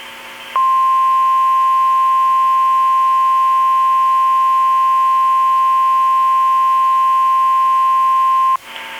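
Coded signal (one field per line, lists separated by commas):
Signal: Emergency Alert System (SAME) tones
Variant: 1050 Hz attention tone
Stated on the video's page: Fictional EAS scenario, not a real broadcast, possibly containing valid EAS tones.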